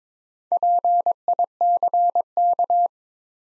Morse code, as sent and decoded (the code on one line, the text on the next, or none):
.--. .. -.-. -.-
PICK